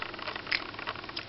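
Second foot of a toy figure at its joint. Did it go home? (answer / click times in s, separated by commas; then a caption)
no / none. The other plastic foot of a toy figure is moved through its range at the joint, making only faint, light handling sounds. Nothing clicks or locks into place anywhere, a flaw for posing.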